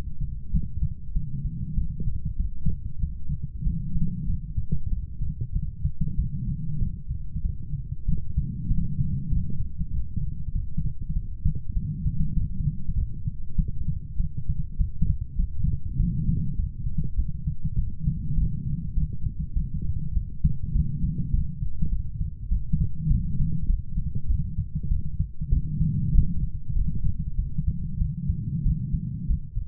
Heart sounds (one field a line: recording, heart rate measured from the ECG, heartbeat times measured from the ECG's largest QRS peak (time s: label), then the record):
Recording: heart sounds by stethoscope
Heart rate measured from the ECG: 98 bpm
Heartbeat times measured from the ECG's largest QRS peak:
0.51 s: heartbeat
1.13 s: heartbeat
1.75 s: heartbeat
2.37 s: heartbeat
3.00 s: heartbeat
3.64 s: heartbeat
4.26 s: heartbeat
4.89 s: heartbeat
5.53 s: heartbeat
6.16 s: heartbeat
6.79 s: heartbeat
7.42 s: heartbeat
8.05 s: heartbeat
8.67 s: heartbeat
9.29 s: heartbeat
9.91 s: heartbeat
10.52 s: heartbeat
11.13 s: heartbeat
11.73 s: heartbeat
12.34 s: heartbeat
12.95 s: heartbeat
13.56 s: heartbeat
14.16 s: heartbeat
14.77 s: heartbeat
15.36 s: heartbeat
15.97 s: heartbeat
16.56 s: heartbeat
17.16 s: heartbeat
17.75 s: heartbeat
18.35 s: heartbeat
18.94 s: heartbeat
19.53 s: heartbeat
20.13 s: heartbeat
20.72 s: heartbeat
21.31 s: heartbeat
21.90 s: heartbeat
22.49 s: heartbeat
23.08 s: heartbeat
23.67 s: heartbeat
24.27 s: heartbeat
24.88 s: heartbeat
25.49 s: heartbeat
26.12 s: heartbeat
26.73 s: heartbeat
27.36 s: heartbeat
27.98 s: heartbeat
28.63 s: heartbeat
29.27 s: heartbeat
From the record:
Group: healthy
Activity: light exercise 0-29 s, rest 29-30 s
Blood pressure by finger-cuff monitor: 108/73 mmHg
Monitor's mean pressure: 85 mmHg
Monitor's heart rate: 98 bpm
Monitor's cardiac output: 7.2 L/min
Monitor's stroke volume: 73 mL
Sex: female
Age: 32 years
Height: 172 cm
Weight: 71.7 kg